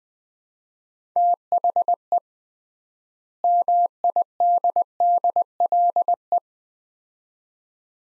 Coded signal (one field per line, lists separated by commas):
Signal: Morse code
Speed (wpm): 20 wpm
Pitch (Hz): 700 Hz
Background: none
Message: THE MIDDLE